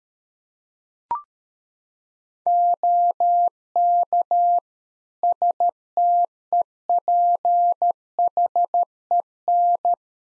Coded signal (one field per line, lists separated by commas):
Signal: Morse code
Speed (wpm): 13 wpm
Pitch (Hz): 700 Hz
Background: none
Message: OK STEPHEN